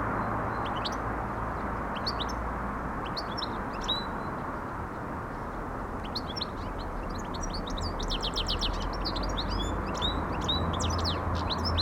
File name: Carduelis carduelis